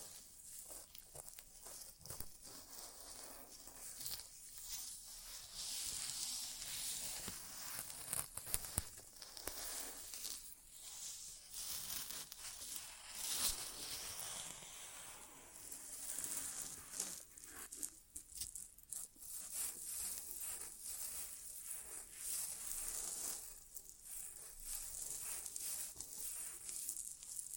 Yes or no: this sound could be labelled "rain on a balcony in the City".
no